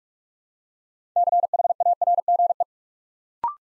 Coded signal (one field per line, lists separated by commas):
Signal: Morse code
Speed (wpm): 44 wpm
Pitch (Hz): 700 Hz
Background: none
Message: CHARGE